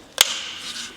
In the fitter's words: ten montaż powinien delikatnie zaskoczyć bez większego oporu i tak kliknąć.